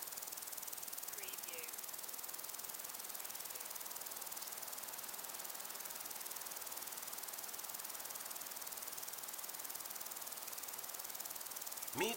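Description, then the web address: Crickets keep up a continuous high chirr amid wind noise, with a couple of faint short chirps early on and a clunk at the end. Crickets and other insects in windy long grass. "beanstalk-audio Crickets and insects in windy long grass"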